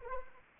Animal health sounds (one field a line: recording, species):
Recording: mosquito wingbeat signal from an infrared sensor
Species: Anopheles arabiensis